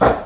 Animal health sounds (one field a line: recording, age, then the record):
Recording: pig call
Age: growing-finishing pig (85 days or more)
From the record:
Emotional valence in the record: positive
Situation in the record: run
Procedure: transit